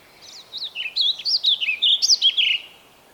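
Bird song: a rapid string of high, varied whistled and warbled notes, about two and a half seconds long, with a faint steady hiss behind.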